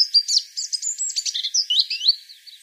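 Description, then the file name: European robin: short burst of high, rapid, tinkling warbled notes, typical of a European robin song fragment. "Erithacus rubecula"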